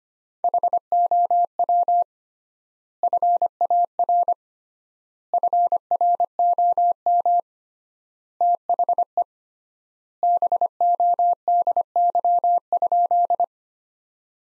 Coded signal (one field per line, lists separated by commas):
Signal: Morse code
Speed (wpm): 25 wpm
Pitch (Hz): 700 Hz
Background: none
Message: HOW FAR FROM THE BODY?